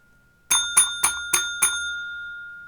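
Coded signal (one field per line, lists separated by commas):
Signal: bell signal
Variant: UK railway block bell code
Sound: five quick, evenly spaced dings of a small bell, ringing on afterward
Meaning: Five consecutive beats ask 'is line clear' for a class six train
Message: 5 even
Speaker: a class six train is five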